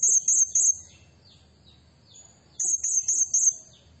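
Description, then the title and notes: Blue-crowned hanging parrot, high thin shrill notes in two bursts of quick squeaks, separated by a pause of about two seconds. Lure for training and attracting birds; a very vocal bird giving 'nembak' calls, meant to provoke other birds. "Burung Serindit Nembak Gacor Bikin Emosi Semua Burung. Suara Nasteran Dan Pemikat Burung Serinditan Gacor"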